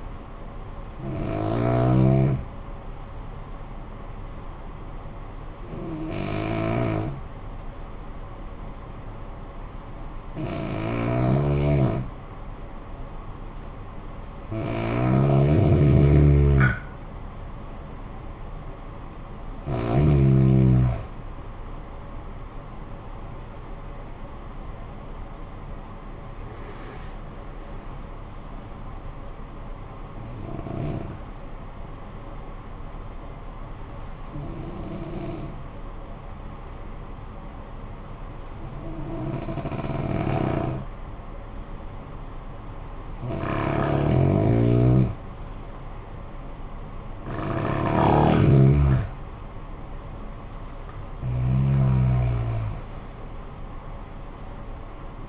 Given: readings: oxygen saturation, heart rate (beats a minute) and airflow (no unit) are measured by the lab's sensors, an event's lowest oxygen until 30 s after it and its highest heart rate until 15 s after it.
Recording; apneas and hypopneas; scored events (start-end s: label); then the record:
breathing in sleep by a smartphone at the bedside; 2
5.00-15.50 s: hypopnea (N2, oxygen 94% highest, then 91% lowest, heart rate 53 at the start, 67 highest)
16.00-55.29 s: new sleep stage, N1 (lightest sleep)
29.00-44.30 s: hypopnea (N1, oxygen 94% highest, then 88% lowest, heart rate 67 at the start, 67 highest)
From the record:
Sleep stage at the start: N2 (light sleep); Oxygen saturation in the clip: 89 to 95%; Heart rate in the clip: 51 to 67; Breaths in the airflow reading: 11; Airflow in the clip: -13.0 to 12.8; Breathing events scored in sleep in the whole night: 445 in 7.6 hours asleep